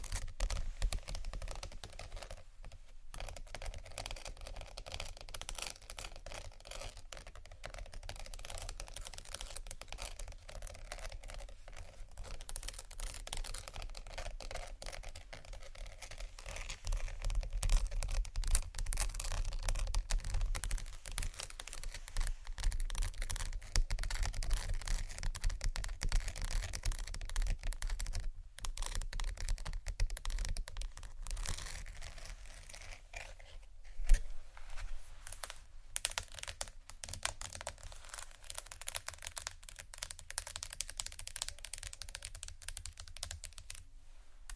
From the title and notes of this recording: Marble, wood, tapping, scratching, crinkles, etc （No Talking）.